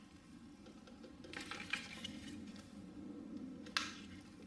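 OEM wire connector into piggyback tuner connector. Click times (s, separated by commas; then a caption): 3.8 s. The original wire's plastic connector on a 2014 Harley Davidson V Rod Muscle is lined up by its raised lock tab and pushed onto the Power Commander 6 piggyback tuner connector. Soft handling rustles and a few light ticks between 1.4 and 2.1 s lead to one sharp click at 3.8 s. The harness connectors are seated.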